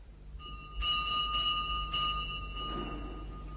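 A pull-type door bell at a rectory, yanked at dawn by the sexton, jangles repeatedly, several quick bright strikes blending into a sustained high metallic ring that slowly fades, with no voices present.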